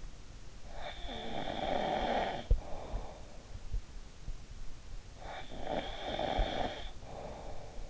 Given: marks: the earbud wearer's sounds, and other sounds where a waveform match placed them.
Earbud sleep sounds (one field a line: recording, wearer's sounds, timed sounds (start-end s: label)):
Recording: sounds in sleep by an in-ear microphone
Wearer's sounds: snoring breath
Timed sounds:
0.43-3.48 s: snoring breath
4.88-7.90 s: snoring breath